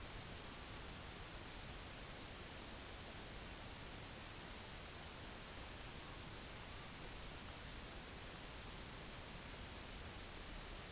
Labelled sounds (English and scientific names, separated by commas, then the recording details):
Common Raven (Corvus corax)
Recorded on Arctic tundra, site UTQI-5, on 23 June 2018
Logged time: 04:00